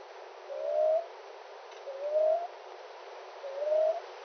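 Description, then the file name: Common ground dove giving soft, rising coos, three evenly spaced notes about every one and a half seconds over a steady background hiss. Recorded 30 April 2019 in windy weather; two bouts of calling. "2019-04-30 Common Ground-Dove 2 bouts Windy"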